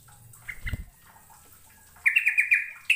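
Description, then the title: Bird calls: a few faint chirps early on, then a loud, quick run of short repeated notes near the end. "Kicau Burung"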